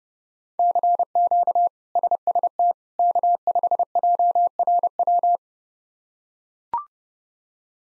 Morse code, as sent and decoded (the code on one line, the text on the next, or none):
-.-. --.- / ... ... - / -.- ..... .--- .-. .--
CQ SST K5JRW